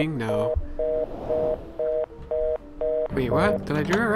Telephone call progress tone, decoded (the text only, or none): reorder tone